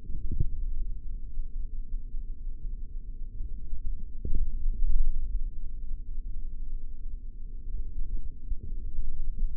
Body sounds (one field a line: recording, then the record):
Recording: forearm muscle sounds (acoustic myography)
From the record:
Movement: forearm supination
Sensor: system 3, bracelet of six PUI Audio POM-2738L microphones around the upper forearm, with dedicated amplification and filtering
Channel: 4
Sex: male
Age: 23 years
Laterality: right